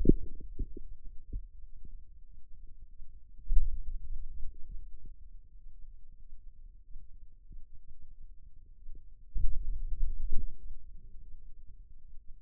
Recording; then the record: forearm muscle sounds (acoustic myography)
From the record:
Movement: pen grasping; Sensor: system 2, bracelet of six BSWA MPA416 microphones around the upper forearm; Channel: 1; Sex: male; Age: 22 years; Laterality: right